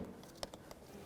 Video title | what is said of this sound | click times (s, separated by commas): How to Replace Drivers Side Master Window Switch 2004-2015 Nissan Titan | Once you have that in place, continue on by putting the rear in first and then sliding it down towards the front to lock it in position. | 0.4 s